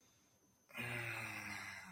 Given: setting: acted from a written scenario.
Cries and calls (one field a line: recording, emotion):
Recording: vocal sound without words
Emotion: guilt